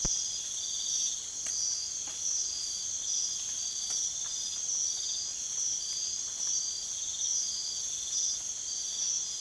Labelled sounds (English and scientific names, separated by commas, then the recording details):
none
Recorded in secondary vegetation near Puerto Asís, Putumayo, Colombia, on 27 June 2025
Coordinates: 0.488, -76.319
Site G094